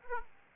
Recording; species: mosquito wingbeat signal from an infrared sensor; Aedes aegypti